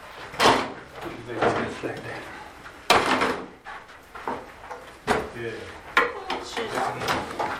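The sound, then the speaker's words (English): Heavy furniture scrapes and thuds as pieces are shoved and dragged into position, with sharp knocks and clatters of chairs landing amid people talking. “And then we push that one. Yeah. Then we put the chairs like that.”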